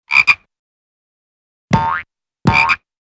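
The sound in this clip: Frog croaks: two quick clipped notes, then two longer raspy croaks with a rising tone, separated by silence.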